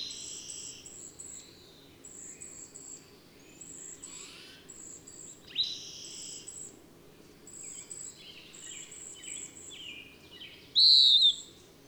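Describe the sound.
Bird song of scattered high chirps and short sweeping phrases throughout, ending in a sharp loud whistled note, with a continuous high pulsing trill behind it.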